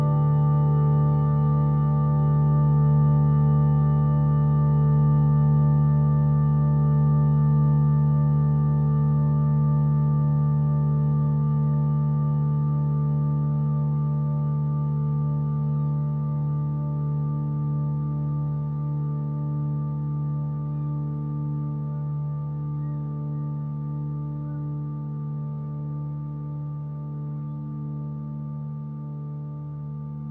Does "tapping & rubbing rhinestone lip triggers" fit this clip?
no